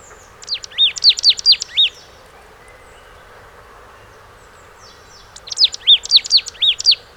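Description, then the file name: Marsh tit calls: two bursts of quick notes, each a sharp high note followed by a lower arched note, about six per burst, with a quiet pause between bursts. "Poecile palustris"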